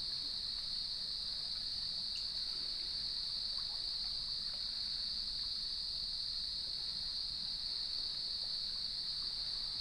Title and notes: Sounds of Leelanau Peninsula: Lighthouse West Natural Area. Nature is my Jam